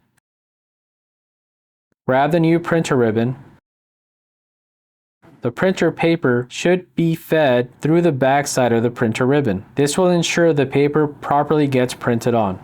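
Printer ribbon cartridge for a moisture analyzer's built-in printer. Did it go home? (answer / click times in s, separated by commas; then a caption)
no / none. A new plastic printer ribbon cartridge for the built-in printer of a CEM Smart System 5 moisture analyzer is picked up and handled before installation, with paper to be fed behind it. Someone talks in two stretches, separated by a pause of near silence. The cartridge has not been pushed in, and nothing has clicked into place yet.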